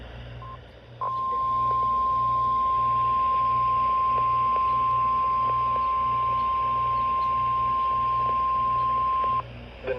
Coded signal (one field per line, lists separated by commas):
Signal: Emergency Alert System (SAME) tones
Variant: 1050 Hz attention tone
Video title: An SVR Filled Weekend || EAS Alerts from May 21-22, 2022 || EAS 169-179